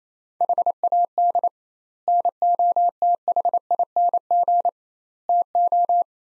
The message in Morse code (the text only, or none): HAD NOTHING TO